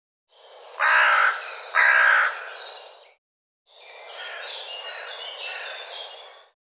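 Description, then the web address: Bird calls: two loud, harsh cawing notes about a second apart, followed after a pause by softer, scratchy sounds. "cianscape birddata Deverinetal"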